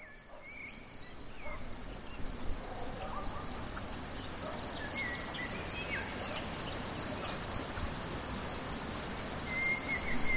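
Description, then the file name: Crickets keep up a continuous, shrill, rapidly pulsed trill that grows slightly louder. Several crickets, date given as 7 05 14, recorded with an MZ-N 710 recorder. "Grillons 7 05 14"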